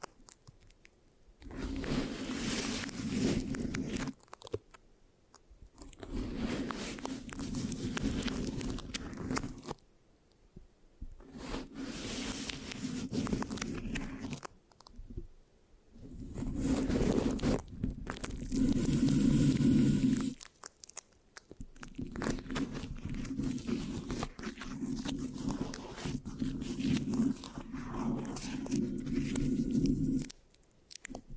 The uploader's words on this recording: ASMR Giving You a Brain Peel Mic Scratching, Sticky, Brain Massage Triggers (No Talking).